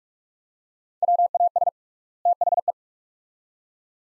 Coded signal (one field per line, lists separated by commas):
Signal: Morse code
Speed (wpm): 46 wpm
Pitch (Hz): 700 Hz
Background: none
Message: WAS THE